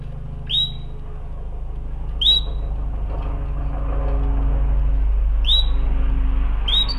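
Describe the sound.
Canary call notes: four sharp upward-sweeping chirps at irregular gaps, over a loud low rumble like traffic.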